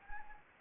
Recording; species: mosquito wingbeat signal from an infrared sensor; Anopheles gambiae